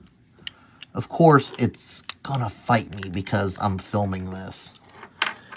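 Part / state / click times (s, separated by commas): plastic blast effect accessory into peg hole on action figure / seated / 5.2 s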